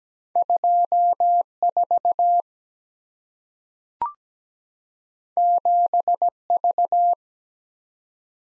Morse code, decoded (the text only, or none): 24 7V